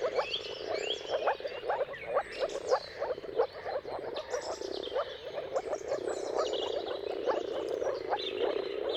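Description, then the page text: Moor frogs giving rapid bubbling calls in a chorus, with bird chirps and whistles scattered over the top. Many moor frogs in a mating chorus at sunrise, at the turn of March and April depending on the weather. "Jakub-Orzecki moor frogs. Depending on the weather at the turn of March and April, you can witness an amazing spectacle of moor frogs"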